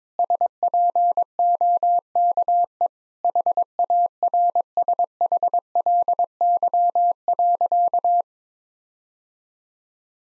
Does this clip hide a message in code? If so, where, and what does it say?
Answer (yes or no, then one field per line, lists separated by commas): yes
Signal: Morse code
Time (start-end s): 0.2-8.2 s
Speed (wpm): 22 wpm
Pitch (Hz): 700 Hz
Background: none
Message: SPOKE HARSHLY.